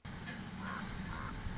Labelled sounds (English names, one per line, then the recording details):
Common Raven
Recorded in Sonoma County, California